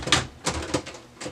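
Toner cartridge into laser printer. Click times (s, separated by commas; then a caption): 0.1 s. A new toner cartridge is slid along the guides into the front opening of an HP M404dn laser printer and pushed home. It clicks into place at 0.1 s, followed by softer knocks at about 0.5 s and 0.7 s, and the cartridge is installed correctly.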